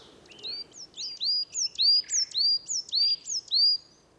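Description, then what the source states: Coal Tit song: a quick run of high, clear two-note phrases, repeated several times over faint background hiss. Wild bird singing again at dusk after the black woodpecker moved away, 20 March 2019, Val Drôme forest; song like Great Tit's but more sparkling and finer; Wildtronic parabola, MKH8020, MixPre-3.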